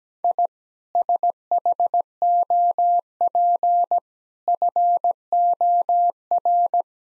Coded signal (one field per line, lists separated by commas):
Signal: Morse code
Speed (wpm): 17 wpm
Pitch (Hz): 700 Hz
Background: none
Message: I SHOP FOR